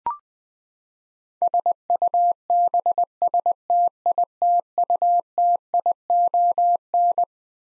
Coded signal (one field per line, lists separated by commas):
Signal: Morse code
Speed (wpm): 21 wpm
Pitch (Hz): 700 Hz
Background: none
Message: SUBSTITUTION